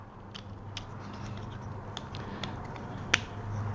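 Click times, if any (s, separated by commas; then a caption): 3.1 s. After new pins are inserted into the original engine control unit wiring harness connector, the connector is closed up and its plastic pin-locking piece is pushed home. Small clicks and handling sounds sound over a low hum, then a sharp snap at 3.1 s marks the lock closing, leaving the pins locked in their right spots.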